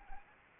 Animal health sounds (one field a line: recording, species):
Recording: mosquito wingbeat signal from an infrared sensor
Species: Anopheles arabiensis